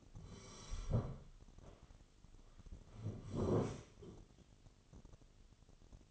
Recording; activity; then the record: daily activity, microphone in the room; sit down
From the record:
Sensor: 4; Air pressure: 1016.1 hPa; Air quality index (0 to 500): 178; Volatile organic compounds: 7 ppm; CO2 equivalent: 2036 ppm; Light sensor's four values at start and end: 9/20/8/7 and 9/20/8/7